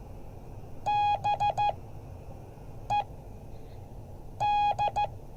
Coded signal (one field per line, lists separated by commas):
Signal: Morse code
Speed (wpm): 15 wpm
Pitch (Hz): 830 Hz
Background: none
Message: BED